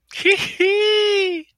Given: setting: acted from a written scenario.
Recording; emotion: vocal sound without words; pride